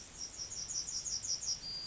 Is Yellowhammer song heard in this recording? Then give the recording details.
yes. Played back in grassland. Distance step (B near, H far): E. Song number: 041